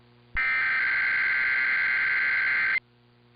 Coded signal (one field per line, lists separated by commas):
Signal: Emergency Alert System (SAME) tones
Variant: header bursts